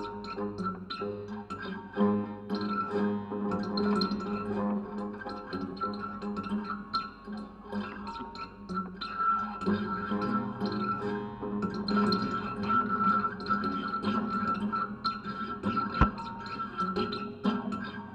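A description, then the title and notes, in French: Everyday objects and natural materials played as makeshift instruments, giving a dense, ringing texture of overlapping held tones, some low and some bright. Small taps and clatters scatter across the whole stretch, and a single sharp knock cuts through around sixteen seconds. Objet usuels détournés de lutherie inventée ou de matériaux naturelles. La manipulation des objets, des matières.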